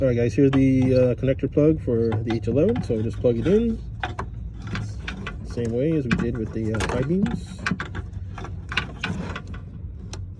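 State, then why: Seated. An H11 plastic harness connector plug is pushed onto an LED low beam bulb during a 2016-2022 Chevy Malibu LED headlight bulb upgrade. Someone talks while handling the parts, with several short plastic clicks and knocks. The connector latches and is seated with a click at 8.8 seconds.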